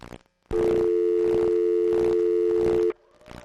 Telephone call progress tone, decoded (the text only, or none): dial tone